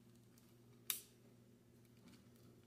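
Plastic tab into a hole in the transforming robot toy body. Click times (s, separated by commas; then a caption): 0.9 s. A plastic tab on a Transformers SS-71 DOTM Mirage/Dino plastic robot toy is angled out and slotted into a hole in the toy's body during transformation. A single sharp snap is heard at 0.9 s against a faint steady low hum. The tab seats in place at 0.9 s.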